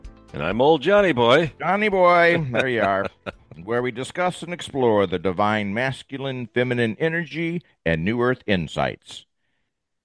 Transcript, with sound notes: And I'm old Johnny Boy. (laughs)
Johnny Boy, there you are. And where we discuss and explore the divine masculine-feminine energy and new Earth insights.